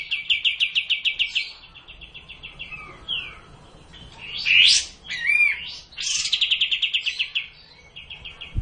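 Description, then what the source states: Cililin trilling in quick bursts of high repeated notes, interrupted by loud sweeping whistled phrases, then another fast trill. Song in the style called kapas tembak.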